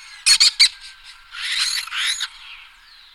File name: poštolka-jižní